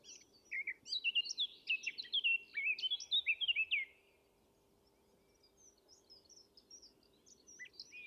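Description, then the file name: Eurasian blackcap song: one vigorous warbling phrase of rapid mixed notes lasting a few seconds, then quieter, thin scattered notes over a low hum. "Sylvia atricapilla"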